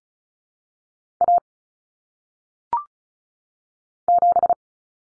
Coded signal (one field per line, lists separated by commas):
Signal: Morse code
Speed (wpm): 36 wpm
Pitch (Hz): 700 Hz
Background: none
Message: A 7